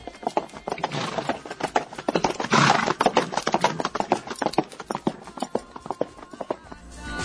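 Horse hooves clip-clop in a quick, steady rhythm of sharp knocks that runs the whole time, with a brief rough, noisy burst partway through.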